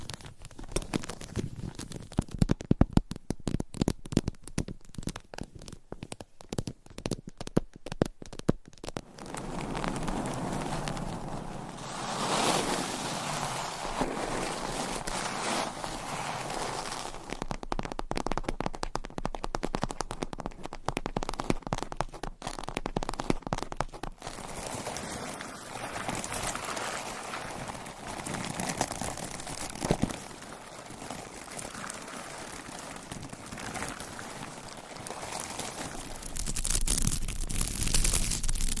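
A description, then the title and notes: Surface scratching and tapping: rapid dense taps for the first nine seconds, then steady rough scratching and tracing with bursts of quicker taps. ASMR Surface Scratching - Tapping - Tracing.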